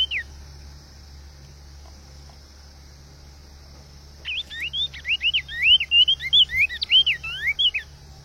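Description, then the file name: Cinnamon Tanager song begins after several quiet seconds, a quick jumble of looping whistled notes that grows louder, over a faint steady hiss. "Canto do bico de veludo"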